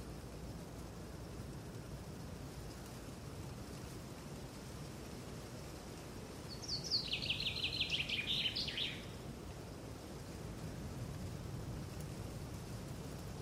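A steady low rumble fills the forest, broken around the middle by a brief, bright chattering bird call lasting about two seconds.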